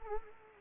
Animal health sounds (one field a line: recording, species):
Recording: mosquito wingbeat signal from an infrared sensor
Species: Anopheles arabiensis